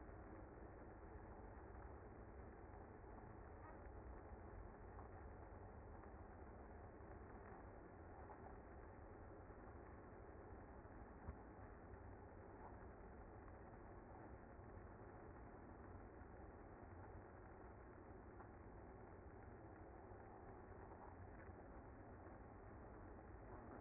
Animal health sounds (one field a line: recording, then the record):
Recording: honeybee colony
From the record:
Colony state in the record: active